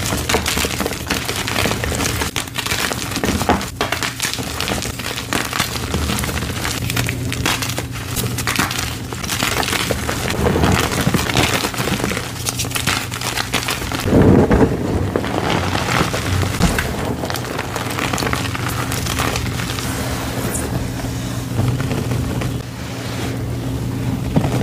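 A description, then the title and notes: Black gym chalk blocks are crushed and worked in a dense, steady stream of crinkly, gritty crunching, with a low hum beneath throughout. Crushing black gym chalk blocks and reforms, plus the full reforming process, including paste mixing.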